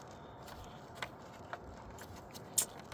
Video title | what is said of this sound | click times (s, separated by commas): 2014 to 2019 Kia Soul tail light bulb replacement and entire tail light replacement. | guy counterclockwise turn, you hear the click. It pops out. | 2.6 s